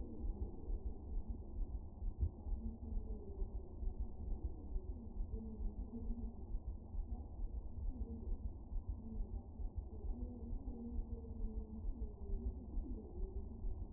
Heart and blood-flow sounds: fetal heart sounds by stethoscope on the mother's abdomen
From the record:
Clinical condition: moderate anaemia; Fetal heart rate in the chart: 135 bpm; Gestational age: 39 weeks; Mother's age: 23 years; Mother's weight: 54 kg

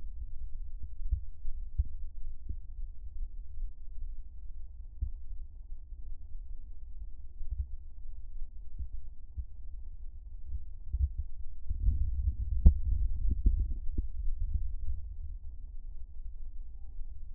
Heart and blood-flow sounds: fetal heart sounds by stethoscope on the mother's abdomen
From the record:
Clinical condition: gestational diabetes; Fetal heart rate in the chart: 142 bpm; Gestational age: 36 weeks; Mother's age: 27 years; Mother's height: 163 cm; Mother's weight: 62 kg

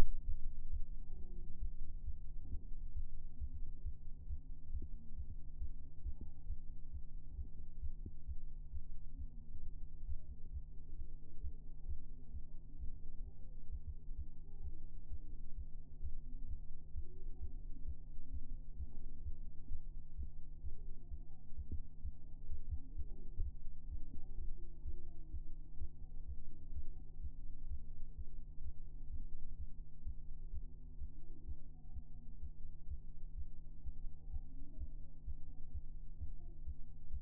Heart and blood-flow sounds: fetal heart sounds by stethoscope on the mother's abdomen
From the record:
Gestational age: 33 weeks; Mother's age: 21 years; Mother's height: 151 cm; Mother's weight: 51 kg

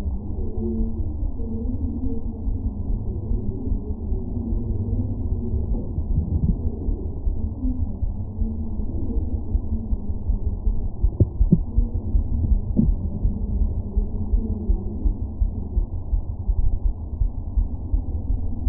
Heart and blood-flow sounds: fetal heart sounds by stethoscope on the mother's abdomen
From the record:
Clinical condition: abdominal pain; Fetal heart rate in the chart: 146 bpm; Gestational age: 39 weeks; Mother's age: 27 years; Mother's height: 144 cm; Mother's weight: 83 kg

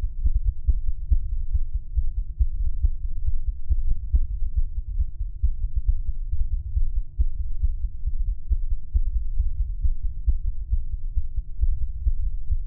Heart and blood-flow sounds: fetal heart sounds by stethoscope on the mother's abdomen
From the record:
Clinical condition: bleeding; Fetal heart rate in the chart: 148 bpm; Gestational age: 34 weeks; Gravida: 3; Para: 1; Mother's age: 23 years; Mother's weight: 49 kg

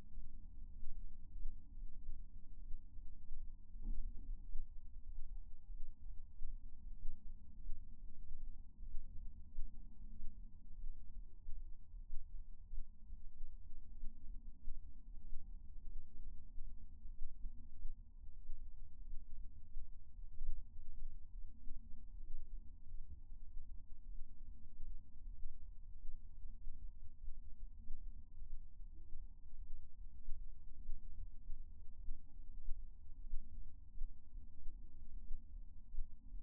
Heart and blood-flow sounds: fetal heart sounds by stethoscope on the mother's abdomen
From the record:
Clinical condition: for safety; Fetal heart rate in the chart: 140 bpm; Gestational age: 38 weeks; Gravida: 1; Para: 0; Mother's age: 23 years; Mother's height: 157 cm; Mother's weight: 76 kg

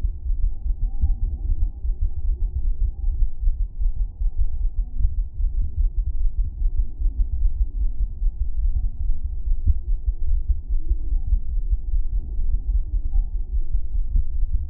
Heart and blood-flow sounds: fetal heart sounds by stethoscope on the mother's abdomen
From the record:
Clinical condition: thrombocytopenia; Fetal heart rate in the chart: 135 bpm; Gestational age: 35 weeks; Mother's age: 24 years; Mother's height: 153 cm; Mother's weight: 62 kg

